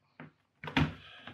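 During battery replacement reassembly on an Asus X553M laptop, the plastic bottom case is pressed down all the way around the chassis until its clips snap into place. Clicks are heard at 0.2 s and 0.8 s among a few other short knocks and pressing sounds. The bottom case clips are seated.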